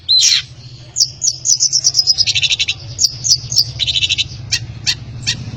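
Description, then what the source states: Long-tailed shrike song: high squeaky whistles and rapid chattering trills, with brief sharp clicks, over a low steady hum. Song of a champion long-tailed shrike, a competition bird.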